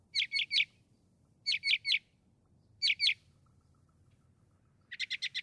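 Northern mockingbird song: short bursts of a few quick high chirps, repeated with pauses, over faint low background noise.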